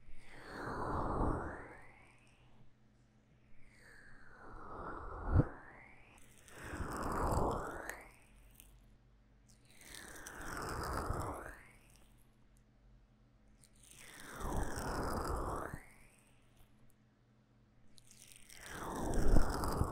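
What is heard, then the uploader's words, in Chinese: Ear massage with a sticky aloe gel: slow, wet, squelching rubs swell and fade in long waves about every three to four seconds. Each pass starts low and thick, then brightens into crackly, sticky detail, with quiet gaps between strokes. 用蘆薈凝膠按摩耳朵。Aloe based gel sticky Earmassage | 3Dio | NoTalking。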